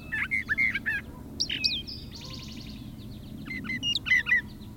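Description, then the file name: Brown thrasher song: varied phrases of doubled chirps, a buzzy rattle and clear whistled notes, separated by brief pauses, over a low rumbling background. "suara kicauan brown trasher. omkicau"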